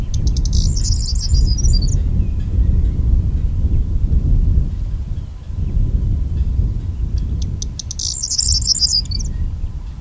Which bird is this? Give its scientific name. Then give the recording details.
Emberiza calandra. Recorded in the wild. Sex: male. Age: adult. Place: Lüdersdorf, Barnim, Brandenburg, DE. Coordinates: 52.9206, 14.0733. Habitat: Feld. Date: 2006-04-15. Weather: bedeckt, 3°C, schwacher bis mäßiger Wind aus West. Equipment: Marantz PMD 671, Sennheiser MKH 70, Popschutz. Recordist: Frommolt, Karl-Heinz